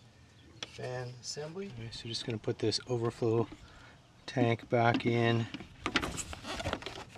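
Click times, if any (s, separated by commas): 5.9 s, 6.0 s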